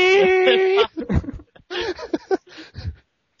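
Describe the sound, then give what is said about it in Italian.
A child whimpers: one drawn-out, steady, high whine, then a run of short, broken, sobbing whimpers that trail off into silence. “Sento un bambino.”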